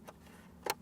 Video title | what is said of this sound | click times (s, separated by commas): How To Install a Plug & Play Tablet onto Your 3rd Gen Tacoma - 2016+ Toyota Tacoma | till it clicks this is for the four-wheel drive system | 0.7 s